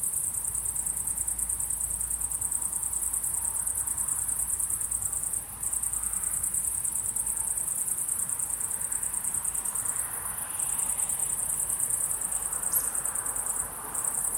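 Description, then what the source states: Crickets chirp in a high, fast pulse with a few short dropouts. Crickets chirping at sunset.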